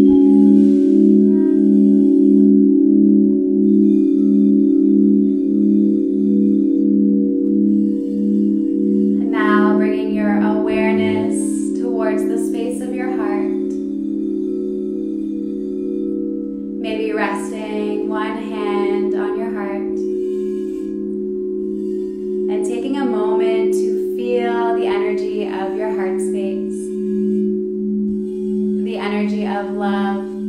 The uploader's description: Alchemy bowls (large crystal bowls)